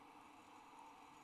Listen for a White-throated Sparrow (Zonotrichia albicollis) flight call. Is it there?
no